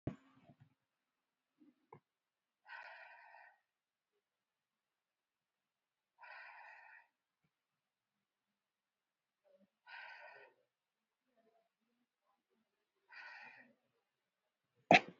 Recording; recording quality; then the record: deep breathing; excellent, no background noise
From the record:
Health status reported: COVID-19 positive, no symptoms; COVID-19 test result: positive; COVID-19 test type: RT-PCR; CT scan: taken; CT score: 2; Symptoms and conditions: cold, fever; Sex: male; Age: 37 years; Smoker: no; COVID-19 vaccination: one dose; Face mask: worn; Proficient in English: yes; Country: India